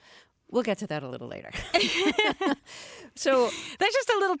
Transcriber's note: laughter